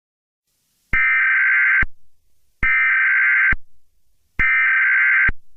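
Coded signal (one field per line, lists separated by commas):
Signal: Emergency Alert System (SAME) tones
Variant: header bursts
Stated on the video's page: Fictional EAS scenario, a simulated alert.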